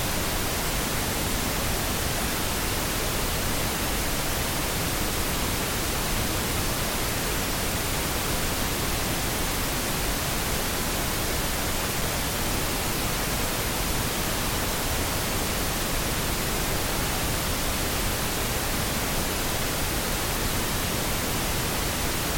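Steady pink noise fills the whole clip, a dense, even hiss that never changes in level or character. It sounds fuller and softer than a thin hiss, with plenty of low rumble beneath the bright top. No other sounds break through.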